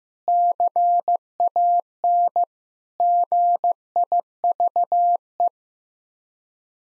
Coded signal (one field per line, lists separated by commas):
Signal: Morse code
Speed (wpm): 16 wpm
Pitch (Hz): 700 Hz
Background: none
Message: CAN GIVE